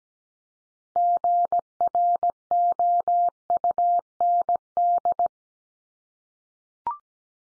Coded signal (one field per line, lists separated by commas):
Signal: Morse code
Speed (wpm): 17 wpm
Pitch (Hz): 700 Hz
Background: none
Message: GROUND